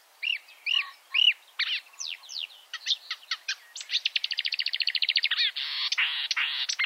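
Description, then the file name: Marsh warbler singing: a few clear whistled notes, then quickening chatter building into a rapid buzzy rattle of repeated clicks near the end. "suara kicauan burung marsh warbler. omkicau"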